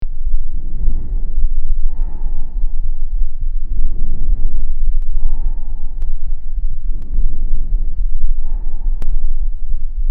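Loud, harsh, hollow breath noise comes in regular phases, each about 1.5 seconds, with short pauses between them. There are roughly three full breath cycles in ten seconds. These are bronchial breath sounds, heard on lung auscultation, which are abnormal when heard over the lung fields.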